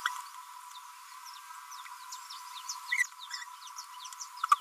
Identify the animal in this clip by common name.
Green-rumped Parrotlet